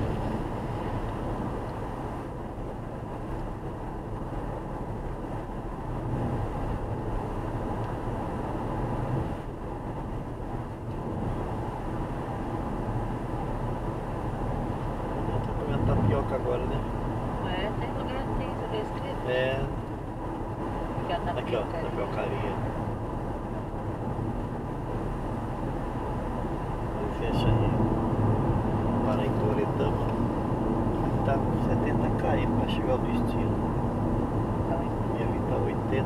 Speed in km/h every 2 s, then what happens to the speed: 83, 86, 86, 87, 89, 89, 90, 92, 92, 91, 90, 88, 89, 91, 90, 88, 86, 84.
0-14 speeds up to 92. 14-27 steady at about 91. 27-36 slows to 84.